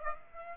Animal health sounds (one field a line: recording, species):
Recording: mosquito wingbeat signal from an infrared sensor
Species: Aedes aegypti